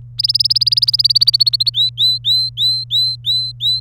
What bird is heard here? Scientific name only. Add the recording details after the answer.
Serinus canaria. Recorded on 27 April 2018 at 13:05. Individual llb3